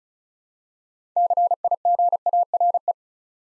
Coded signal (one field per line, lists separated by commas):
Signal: Morse code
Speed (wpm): 36 wpm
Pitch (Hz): 700 Hz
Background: none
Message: CIGARE